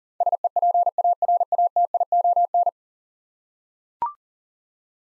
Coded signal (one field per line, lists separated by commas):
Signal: Morse code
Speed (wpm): 40 wpm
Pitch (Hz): 700 Hz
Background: none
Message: SEPARATION